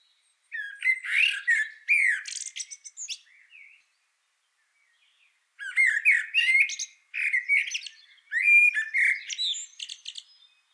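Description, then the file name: Common blackbird giving rasping, chattering squawks in two long bursts separated by a silent gap of about two seconds, each burst made of rapid, uneven notes. "Turdus merula"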